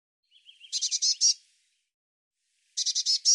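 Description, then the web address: Bird giving two quick runs of high, pulsed notes, the first preceded by a soft lower twitter. "cianscape birddata Deverinetal 2025 File cleaned normalized Bird Cy Ca"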